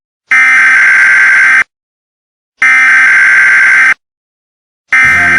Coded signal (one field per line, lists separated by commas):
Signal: Emergency Alert System (SAME) tones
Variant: header bursts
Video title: EAS SCENARIO:apocalypse